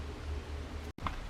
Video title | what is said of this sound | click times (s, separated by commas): Ignition lock cylinder replacement, Hyundai Sonata 2007 | there it just snaps right in | 1.1 s